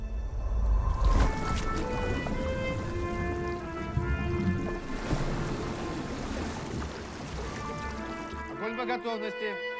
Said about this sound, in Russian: Его автомат окунает в воду.